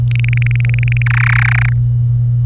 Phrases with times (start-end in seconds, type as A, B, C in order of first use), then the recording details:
0.11-1.02 A, 1.06-1.73 B. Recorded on 25 April 2018 at 07:55. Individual llb3